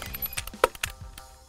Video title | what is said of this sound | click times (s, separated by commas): Safety - How to Cock Your Crossbow | all the way to here the double click at this point you take your safety off | 0.6 s, 0.8 s